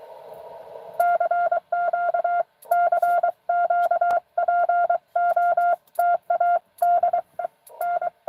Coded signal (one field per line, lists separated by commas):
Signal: Morse code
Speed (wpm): 24 wpm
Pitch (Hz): 700 Hz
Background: none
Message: CQ CQ POTA DN